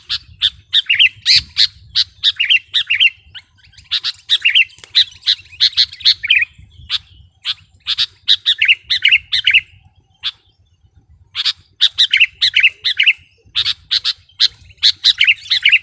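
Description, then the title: Sooty-headed bulbul song: lively run of sharp chirps and bubbly warbled phrases, with a brief pause near ten seconds before the chattering resumes. "kutilang"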